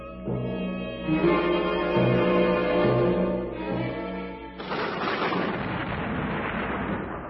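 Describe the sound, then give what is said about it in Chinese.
A sustained, brassy horn-like tone over a pulsing low drone gives way midway to loud, rolling thunder on a mountain that rumbles steadily to the end, with no voices. “到了第三天的早晨，在山上有雷轰、闪电和密云，并且有很大的号角声。”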